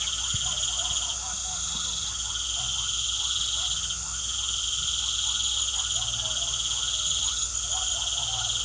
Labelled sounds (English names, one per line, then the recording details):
none
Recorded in pastures near Puerto Asís, Putumayo, Colombia, on 8 March 2025 at 19:30
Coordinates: 0.497, -76.327
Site G072